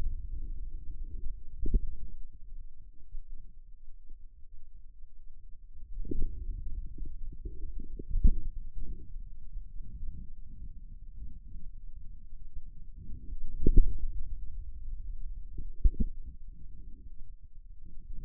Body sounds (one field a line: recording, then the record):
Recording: forearm muscle sounds (acoustic myography)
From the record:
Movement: inward rotation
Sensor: system 2, bracelet of six BSWA MPA416 microphones around the upper forearm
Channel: 2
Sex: male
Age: 22 years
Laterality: right